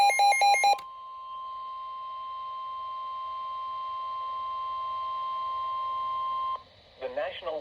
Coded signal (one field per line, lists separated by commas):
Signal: Emergency Alert System (SAME) tones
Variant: 1050 Hz attention tone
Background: speech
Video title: NOAA Weather Radio - Doubleheader Tornado Warning [EAS #9-10] (9/1/21)